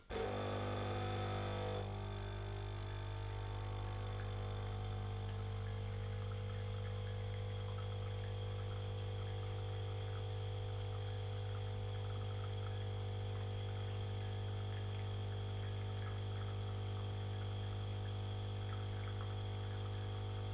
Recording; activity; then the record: daily activity, microphone in the room; make coffee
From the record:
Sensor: 4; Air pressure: 1002.9 hPa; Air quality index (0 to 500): 246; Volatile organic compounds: 20 ppm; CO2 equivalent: 2676 ppm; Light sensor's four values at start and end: 4/10/4/4 and 4/10/4/4